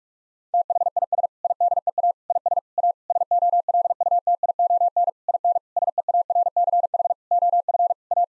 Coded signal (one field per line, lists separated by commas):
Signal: Morse code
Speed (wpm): 46 wpm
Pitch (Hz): 700 Hz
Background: none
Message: THIS IDEA IS A SOLUTION IN SEARCH OF A